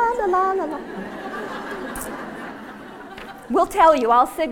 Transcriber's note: laughter